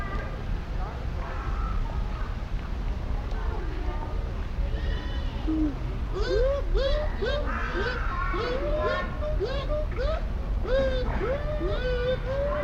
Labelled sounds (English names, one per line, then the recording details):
Bush Dog
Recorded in captivity
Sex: pair
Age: adult
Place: Zoo Berlin, Berlin, DE
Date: 1994-08-27 13:27
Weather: heiter, 15-20°C
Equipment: Marantz CP 430, Sennheiser ME 80, Kopie Uher Variocord 263
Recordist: Tembrock, Günter